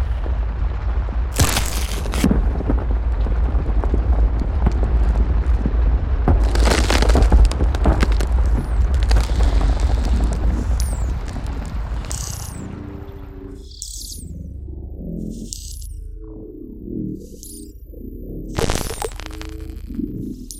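A dense, heavy rumble of monstrous creature texture fills the first half, with deep booming surges and rasping bursts around two and seven seconds. After about twelve seconds it thins into sparse, low insect-like clicks and chitters, with a sharp bright burst near nineteen seconds.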